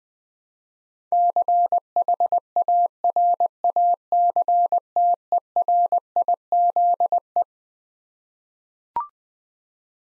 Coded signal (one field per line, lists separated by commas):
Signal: Morse code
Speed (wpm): 21 wpm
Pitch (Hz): 700 Hz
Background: none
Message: CHARACTERIZE